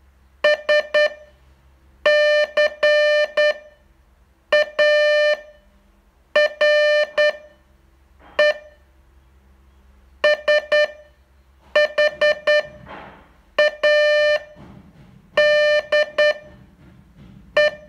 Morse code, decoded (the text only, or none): SCARE SHADE